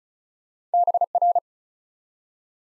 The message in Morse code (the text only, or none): BR